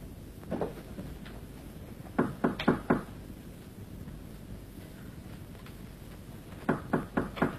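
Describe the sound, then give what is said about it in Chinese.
Knocking on a door in a Chinese opera performance, someone calling on his sister to open it: a single sharp knock, then four quick raps, then four more after a pause, over a steady low wind-like hiss with no voices. “妹妹，妹妹，你开门呢？”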